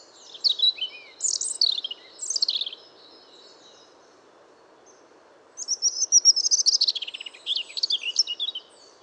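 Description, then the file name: European robin song: varied high, thin warbled phrases with sharp downslurs and trills, a pause of about three seconds, then a longer tumbling twittering phrase. "Erithacus rubecula"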